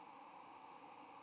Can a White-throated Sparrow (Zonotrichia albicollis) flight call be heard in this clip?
no